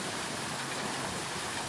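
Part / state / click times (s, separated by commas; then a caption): lock key in the anti-vandal lock on a canal lock paddle gear / not seated / none. A lock key is fitted into the anti-vandal lock on a canal lock paddle gear and lined up before being turned left to unlock it. A steady, broadband rushing noise runs throughout at an even level, with no distinct clunk. The lock has not yet unlocked and the plunger has not yet come down.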